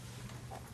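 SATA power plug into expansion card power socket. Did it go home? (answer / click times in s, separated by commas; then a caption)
no / none. The female end of a Y power cable is being handled toward the SATA power connector on an Inateck PCI-E to USB 3.0 5-port PCI Express expansion card. Only a steady low hum and broadband noise are heard, with no sharp transients. Nothing has seated or clicked yet.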